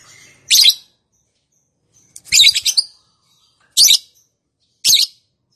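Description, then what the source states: Lovebird utters four shrill, scratchy chirps at irregular intervals, the second a longer stuttering burst. Song style named "konslet".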